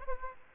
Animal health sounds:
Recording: mosquito wingbeat signal from an infrared sensor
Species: Aedes aegypti

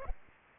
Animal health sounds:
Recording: mosquito wingbeat signal from an infrared sensor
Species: Aedes aegypti

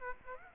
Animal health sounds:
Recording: mosquito wingbeat signal from an infrared sensor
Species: Aedes aegypti

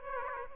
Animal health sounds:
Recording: mosquito wingbeat signal from an infrared sensor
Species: Aedes aegypti

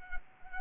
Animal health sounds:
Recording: mosquito wingbeat signal from an infrared sensor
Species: Culex quinquefasciatus

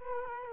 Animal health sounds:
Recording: mosquito wingbeat signal from an infrared sensor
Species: Culex quinquefasciatus

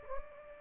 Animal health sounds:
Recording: mosquito wingbeat signal from an infrared sensor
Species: Anopheles gambiae

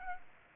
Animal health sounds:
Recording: mosquito wingbeat signal from an infrared sensor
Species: Aedes aegypti

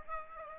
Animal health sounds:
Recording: mosquito wingbeat signal from an infrared sensor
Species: Aedes aegypti

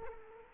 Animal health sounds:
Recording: mosquito wingbeat signal from an infrared sensor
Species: Culex quinquefasciatus

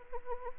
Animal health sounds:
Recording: mosquito wingbeat signal from an infrared sensor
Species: Anopheles arabiensis

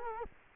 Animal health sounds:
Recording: mosquito wingbeat signal from an infrared sensor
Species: Culex quinquefasciatus

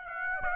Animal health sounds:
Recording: mosquito wingbeat signal from an infrared sensor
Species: Aedes aegypti

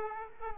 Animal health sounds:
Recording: mosquito wingbeat signal from an infrared sensor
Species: Aedes aegypti

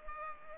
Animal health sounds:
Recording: mosquito wingbeat signal from an infrared sensor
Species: Culex pipiens

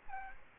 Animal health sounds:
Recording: mosquito wingbeat signal from an infrared sensor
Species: Aedes aegypti

